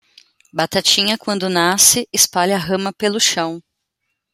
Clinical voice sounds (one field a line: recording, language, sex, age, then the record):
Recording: short text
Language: Brazilian Portuguese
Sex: female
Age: 30 to 39 years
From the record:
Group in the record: control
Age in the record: 39 years